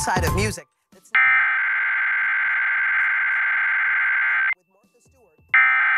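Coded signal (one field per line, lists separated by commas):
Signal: Emergency Alert System (SAME) tones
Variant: header bursts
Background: speech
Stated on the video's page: Required monthly tests from NWS Spokane for the Great Shakeout drill, heard on NOAA Weather Radio WXM48 via a Reecom R-1630 receiver, and relayed by FM and TV stations.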